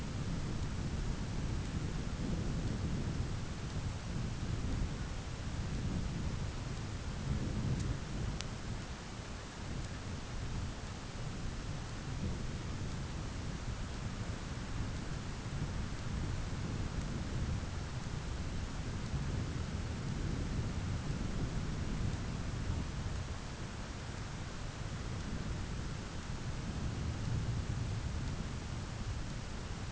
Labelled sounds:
none
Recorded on Arctic tundra, site ZACK-1, on 9 June 2019
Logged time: 17:49

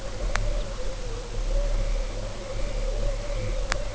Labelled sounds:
Dunlin (Calidris alpina), Lapland Longspur (Calcarius lapponicus)
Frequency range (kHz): Lapland Longspur (Calcarius lapponicus) 2.9-4.3 kHz
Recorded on Arctic tundra, site UTQI-5, on 19 June 2018
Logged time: 22:00

